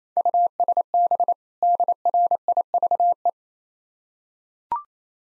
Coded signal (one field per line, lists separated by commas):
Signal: Morse code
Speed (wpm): 27 wpm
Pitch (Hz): 700 Hz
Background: none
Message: USB DRIVE